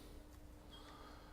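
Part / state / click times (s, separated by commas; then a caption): top hatch onto toy boat hull / not seated / none. The top hatch of a toy boat is handled and set onto the hull, ahead of being pressed down to lock into place. A steady low hum runs under soft broadband handling noise, with a faint thin tone rising around 0.7 to 1.1 seconds. The clip ends before the hatch goes home, so nothing has seated or clicked yet.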